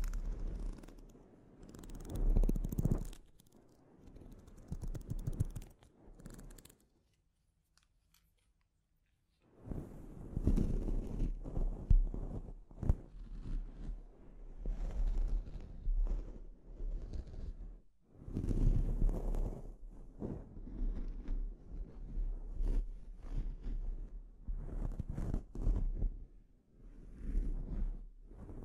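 Scalp treatment: dense, scratchy rustling and soft brushing strokes against hair, with quick crackles and taps scattered throughout. The sound drops to near silence from about seven to nine and a half seconds, then resumes in busy, uneven bursts with a steady low rumble underneath.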